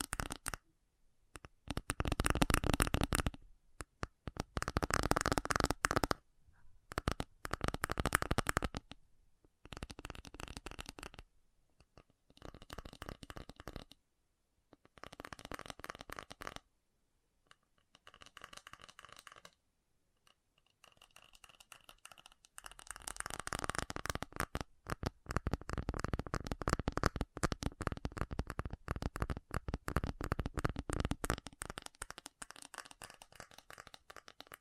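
Fast tapping comes in bursts of dense, rapid clicks, each run lasting a second or two and separated by short silences. The runs are crisp and papery, like riffled cards. After about 22 seconds they grow longer and busier, ending in a nearly continuous flurry.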